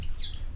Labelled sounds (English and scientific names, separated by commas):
Stitchbird (Notiomystis cincta) song